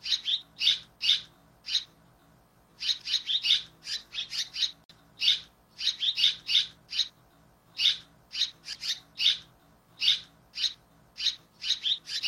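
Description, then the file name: Red-rumped swallow twittering, quick high chirps in short clusters, repeated with brief pauses between runs. "Canto da andorinha daurica"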